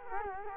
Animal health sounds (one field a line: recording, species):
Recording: mosquito wingbeat signal from an infrared sensor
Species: Culex quinquefasciatus